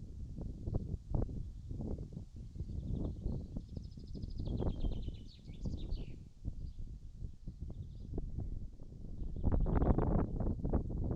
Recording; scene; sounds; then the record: everyday scene through a hearing-aid microphone; wind on the microphone; wind, birds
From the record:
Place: in front of a rural house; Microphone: in the ear canal, right